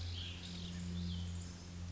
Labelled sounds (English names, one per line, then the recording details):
Cassin's Vireo
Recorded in Sonoma County, California